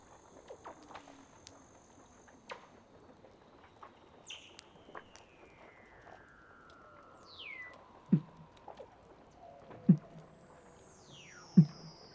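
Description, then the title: Weddell seal underwater calls: long whistles gliding slowly downward, a few sharp descending chirps, and loud low thumps near the end, spaced about two seconds apart. "Douglas Quin - Weddell Seals (Underwater)"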